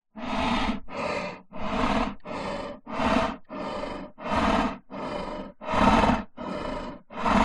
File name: zapsplat. lion breathing